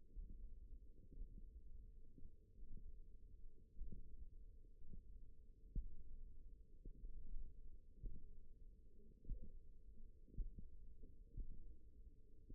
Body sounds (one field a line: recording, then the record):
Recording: forearm muscle sounds (acoustic myography)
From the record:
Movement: tripod grip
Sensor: system 1, eight BSWA MPA416 microphones around the upper forearm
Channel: 4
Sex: female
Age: 20 years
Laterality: right